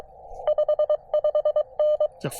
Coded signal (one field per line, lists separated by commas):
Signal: Morse code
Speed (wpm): 24 wpm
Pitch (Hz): 600 Hz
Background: speech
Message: 55N